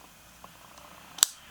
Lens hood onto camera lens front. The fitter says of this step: click it's on there nice and tight it's a nice-looking hood actually quite like it okay